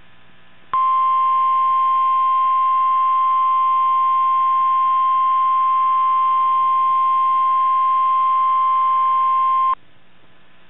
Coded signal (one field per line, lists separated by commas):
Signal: Emergency Alert System (SAME) tones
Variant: 1050 Hz attention tone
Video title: Required weekly test, OAX, KIH61, recorded Wednesday March 3rd, 2021